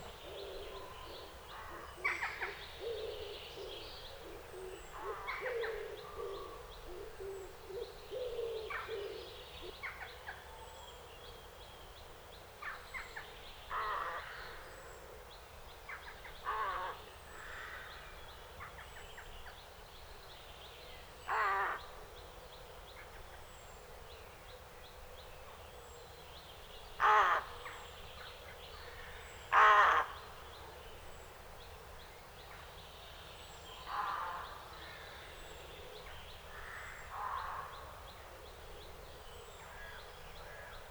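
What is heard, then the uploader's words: Woodland in late spring, full of short bird calls that break out every few seconds, with the two loudest, rough bursts near 27 and 30 seconds. Thin, high chirps repeat faintly above them, and a soft low rumble runs steadily underneath. British Library - Woodland in Late Spring (Recorded by Richard Margoschis).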